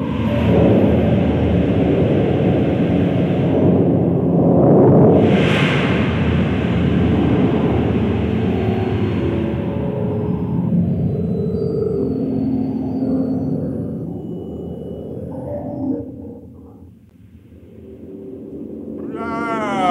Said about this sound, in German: Oh, welch ein Sturm!